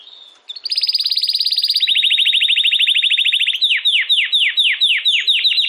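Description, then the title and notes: Domestic canary singing a steady, even trill that drops to a lower roll, then turns into slower, repeated down-sweeping whistled notes. Belgian canary singing; the bird or its song is called Campainha. "Canário Belga Campainha Canary Singing. Canario Belga Cantando"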